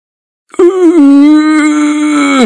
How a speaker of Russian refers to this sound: Мычу я. Я хотел сказать «О боже», но не в силах вздохнуть.